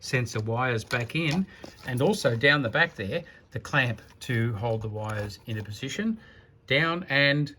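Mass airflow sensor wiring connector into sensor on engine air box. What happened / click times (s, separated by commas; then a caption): Handled, not yet seated: no connector click is heard / none. On a BMW X3 F25 20i during an engine air cleaner change, the mass airflow sensor wiring connector and its wire clamp are handled and worked back into position on the sensor on the engine air box while someone talks. The plastic connector has not seated or clicked yet.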